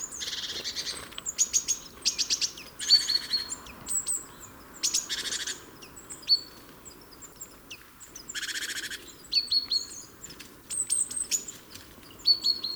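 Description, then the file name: Great tit calls: rapid thin chirps interspersed with several rough, churring buzzes, the pattern repeating irregularly throughout. "Parus major"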